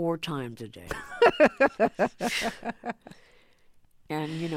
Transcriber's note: laughter